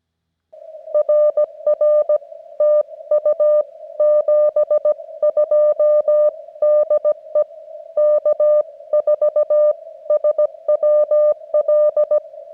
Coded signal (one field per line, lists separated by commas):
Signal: Morse code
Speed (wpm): 17 wpm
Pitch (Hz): 600 Hz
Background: none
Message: RR TU 72 DE K4SWL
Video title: CW Zero 2 On Air - Get On Air